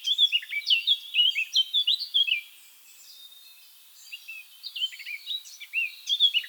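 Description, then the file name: Eurasian blackcap song, two bursts of varied warbling notes separated by a short silence, the second starting quietly and growing brighter. "Sylvia atricapilla"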